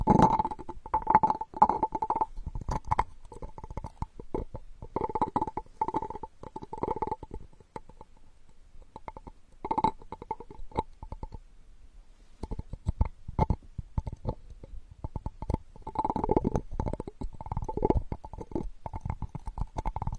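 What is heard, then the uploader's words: Close, wet gurgling and bubbling from straw therapy, with a steady whistling tone near 900 hertz running through bursts of rumbling. The bubbling comes in clusters around 0–2, 5–7, 10–11 and 15–18 seconds, separated by quieter crackles and sharp clicks. Unique straw therapy ear digging experience.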